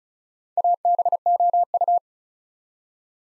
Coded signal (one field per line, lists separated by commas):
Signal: Morse code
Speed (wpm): 36 wpm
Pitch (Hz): 700 Hz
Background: none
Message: ABOU